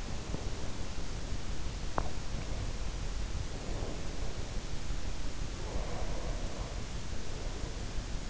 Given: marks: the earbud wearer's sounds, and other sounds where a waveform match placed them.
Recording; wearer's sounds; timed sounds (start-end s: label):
sounds in sleep by an in-ear microphone; teeth grinding, breath
0.09-0.61 s: sound from someone else or the room
1.81-2.20 s: teeth grinding
3.34-4.77 s: breath
5.48-8.30 s: breath